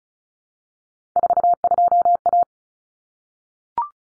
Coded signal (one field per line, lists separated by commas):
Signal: Morse code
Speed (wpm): 34 wpm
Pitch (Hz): 700 Hz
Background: none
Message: 42A